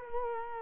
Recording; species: mosquito wingbeat signal from an infrared sensor; Culex quinquefasciatus